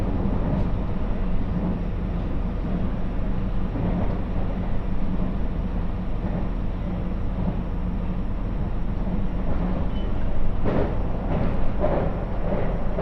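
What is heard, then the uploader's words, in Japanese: A train ride on the Muroran Main Line, with a steady low rumble and hum, occasional clunks and brief squeals near the end. 耳で楽しむ鉄道旅 室蘭本線 小幌→洞爺。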